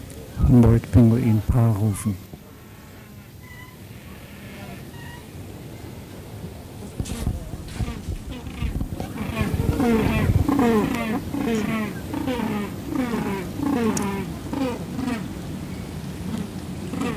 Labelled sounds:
Humboldt Penguin (Spheniscus humboldti) call
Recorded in captivity
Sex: pair
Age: adult
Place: Zoo Berlin, Berlin, DE
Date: 2005-08-10 17:24
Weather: heiter, 17°C
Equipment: Sony WM-D6C, Sennheiser ME 80, Kopie Uher 4000 Report Monitor
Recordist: Tembrock, Günter

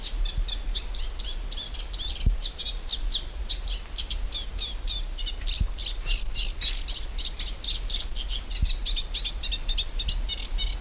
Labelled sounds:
Eurasian Reed Warbler (Acrocephalus scirpaceus) song
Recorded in the wild
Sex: male
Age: adult
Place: Mühlenbecker Land, Naturpark Barnim, Brandenburg, DE
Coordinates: 52.6903, 13.3958
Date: 1991-07-28 11:42
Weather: sunny, 21 - 24°C, wind speed 3-4
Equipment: Marantz, Sennheiser ME 80, Kopie Tesla B 116
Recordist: Tembrock, Günter

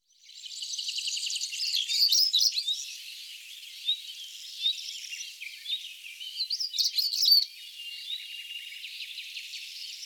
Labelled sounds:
European Stonechat (Saxicola rubicola) song
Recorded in the wild
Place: St. Laurent des Arbres und Umgebung, FR
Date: 2008-05-13
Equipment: MiniDisc Sharp MT 20 H
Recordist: Schwarz, Dieter

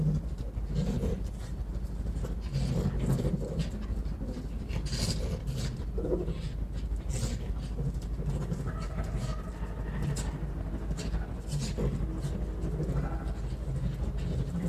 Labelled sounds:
Arctic Fox (Vulpes lagopus)
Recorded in captivity
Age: adult
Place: Zoologisches Institut der HUB, Berlin, DE
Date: 1957-03-22 18:30
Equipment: Elmetra
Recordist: Tembrock, Günter

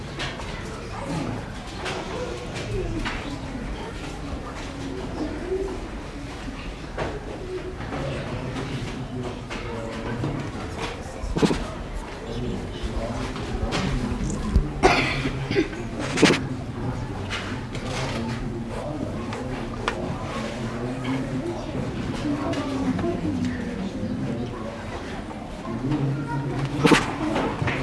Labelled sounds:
Tiger (Panthera tigris)
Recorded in captivity
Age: juvenile
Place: Zoo Eberswalde, Brandenburg, DE
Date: 2001-08-09 12:56
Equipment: Aiwa HD-S1, Sennheiser MKH 70
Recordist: Frommolt, Karl-Heinz
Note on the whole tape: 4 Wochen altes Jungtier: Laute auf Arm der Pflegerin. Prusten, Rufe, Maunzen

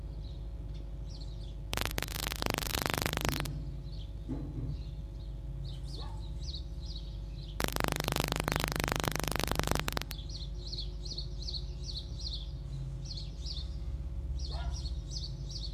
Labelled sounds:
Red Fox (Vulpes vulpes)
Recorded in captivity
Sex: group
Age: adult
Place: Zoologisches Institut der HUB, Berlin, DE
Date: 1956-02-22 10:25
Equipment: Elmetra
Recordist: Tembrock, Günter
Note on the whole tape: Jupp: offenes Bellen, "Ranzschrei" oder "Drohbellschrei"; Fiffi: Knurren und Keckern gegen Jau; Jupp: Bellen in 20, dort Bellen noch zu hören; Fritz: Knätschen; Jau: Muffen ohne Fleisch zu Fiffi; Fiffi: offenes und geschlossenes Knurren; Jupp (nach draußen kommend): Bellen (LBo). Achtung Kopiereffekte

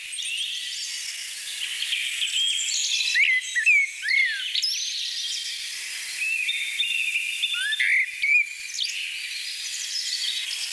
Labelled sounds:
Common Blackbird (Turdus merula) song
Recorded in the wild
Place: Jägerhof / Breisach am Kaiserstuhl, Baden-Württemberg, DE
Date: 1984-04-22
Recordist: Schwarz, Dieter

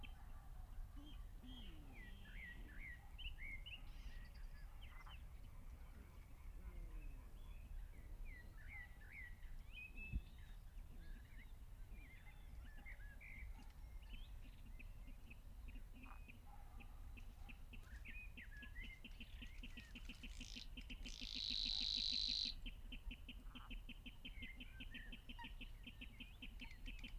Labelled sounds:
Savi's Warbler (Locustella luscinioides) song
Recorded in the wild
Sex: male
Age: adult
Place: Kützerhof, Kummerower See, Mecklenburg-Vorpommern, DE
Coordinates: 53.8561, 12.8606
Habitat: wetland
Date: 2009-05-07 21:05
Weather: overcast, ca. 10°C, no wind
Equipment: Sound Devices 702, Sennheiser MKH 70, Rycote Windschutz
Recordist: Frommolt, Karl-Heinz

